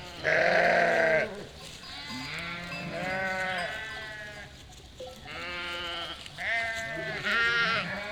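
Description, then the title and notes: Sheep bleating in chorus, a loud harsh bleat at the start, then many overlapping wavering calls. Flock of 467 sheep and lambs, freshly counted by the shepherd, moving and grazing grass and wild garlic; spatialised, moving bleating chorus; spring day, Chindrieux, France; binaural recording, Fostex FR2 LE, recordist on bicycle. "847 Rue de Vars, 73310 Chindrieux, France - Troupeau de moutons. troupeau de 467 moutons et agneaux. Bêlements en chorale très spacialisée et en mouvement"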